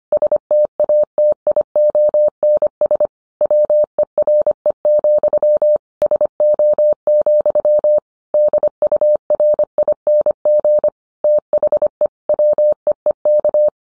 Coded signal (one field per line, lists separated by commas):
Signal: Morse code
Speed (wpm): 25 wpm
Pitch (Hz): 600 Hz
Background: none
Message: STATIONS WERE, SO, DURING THE WEEK